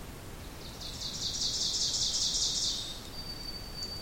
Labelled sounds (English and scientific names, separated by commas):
Ovenbird (Seiurus aurocapilla) song